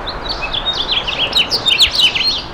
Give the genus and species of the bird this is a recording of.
Haemorhous mexicanus